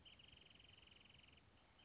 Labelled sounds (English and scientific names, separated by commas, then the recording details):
Wrentit (Chamaea fasciata)
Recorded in Sonoma County, California